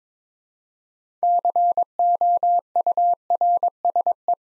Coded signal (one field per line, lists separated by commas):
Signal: Morse code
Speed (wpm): 22 wpm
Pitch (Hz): 700 Hz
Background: none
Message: COURSE